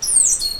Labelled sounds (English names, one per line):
Stitchbird song